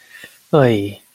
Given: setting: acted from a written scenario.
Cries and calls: vocal sound without words; shame

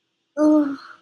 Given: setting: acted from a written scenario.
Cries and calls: vocal sound without words; negative surprise

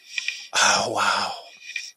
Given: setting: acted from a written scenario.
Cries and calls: vocal sound without words; elation

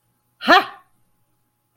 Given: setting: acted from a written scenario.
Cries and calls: vocal sound without words; triumph

